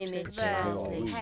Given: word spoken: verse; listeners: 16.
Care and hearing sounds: one English word in noise, from a listening test; four-talker babble; -1.9 dB; 2 of 16; 8 of 16; 0.81 s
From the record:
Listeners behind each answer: 8, 2, 1, 1, 1, 1, 1, 1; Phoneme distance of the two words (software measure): 37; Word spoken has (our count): 1 syllable, 3 phonemes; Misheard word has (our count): 2 syllables, 4 phonemes, stress on syllable 1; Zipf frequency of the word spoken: 3.70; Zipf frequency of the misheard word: 4.64

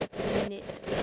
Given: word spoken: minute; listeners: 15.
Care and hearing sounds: one English word in noise, from a listening test; noise modulated by three-talker babble; -6.6 dB; 1 of 15; 8 of 15; 0.63 s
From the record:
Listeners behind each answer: 8, 2, 2, 1, 1, 1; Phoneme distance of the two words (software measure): 14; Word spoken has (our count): 2 syllables, 5 phonemes, stress on syllable 1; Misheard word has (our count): 1 syllable, 3 phonemes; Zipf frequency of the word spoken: 5.23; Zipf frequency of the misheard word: 3.64

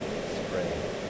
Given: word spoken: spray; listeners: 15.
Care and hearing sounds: one English word in noise, from a listening test; speech-shaped noise; -4.3 dB; 2 of 15; 8 of 15; 0.70 s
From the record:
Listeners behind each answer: 8, 2, 1, 1, 1, 1, 1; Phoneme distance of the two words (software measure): 17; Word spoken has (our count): 1 syllable, 4 phonemes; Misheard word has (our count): 1 syllable, 5 phonemes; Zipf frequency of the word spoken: 3.98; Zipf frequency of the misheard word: 4.62

